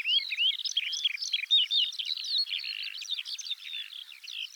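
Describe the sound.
Eurasian skylark song: dense, tumbling high warbling with quick slurred whistles and chirps crowding together in a continuous, hurried flow.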